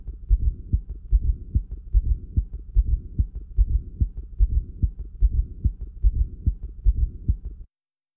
The loud first and second heart sounds. Just prior to the first heart sound, there is a very low pitch sound, S4, caused by atrial emptying into a hypertrophied, non-compliant left ventricle. This is best heard using the bell. It is best appreciated by listening through the whole recording and concentrating on the presystolic period.